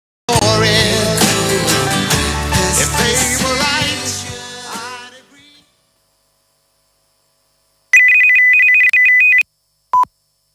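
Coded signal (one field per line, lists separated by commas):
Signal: radio time signal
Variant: Rai Segnale Orario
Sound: music fades out, then a rapid two-tone warble for 1.5 seconds, then one short beep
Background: music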